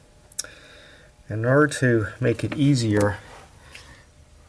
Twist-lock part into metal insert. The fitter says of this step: insert there and you'll hear a click in